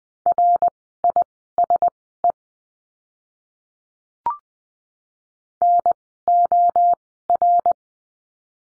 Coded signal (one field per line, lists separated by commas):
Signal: Morse code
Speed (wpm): 20 wpm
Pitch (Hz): 700 Hz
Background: none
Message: RISE NOR